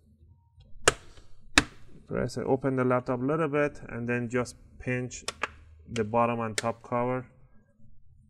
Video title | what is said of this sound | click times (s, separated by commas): HP 14 cm - xxxx Battery replacement Step By STEP !!! | you hear those clicks that's what you want to hear | 0.9 s, 1.6 s